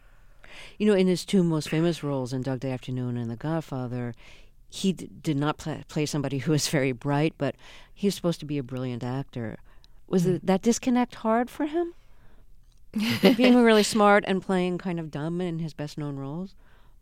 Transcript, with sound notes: You know, in his two most famous roles in "Dog Day Afternoon" and "The Godfather," he did not play somebody who was very bright, but he was supposed to be a brilliant actor. Was that disconnect hard for him?
(LAUGHTER)
Being really smart and playing kind of dumb in his best-known roles?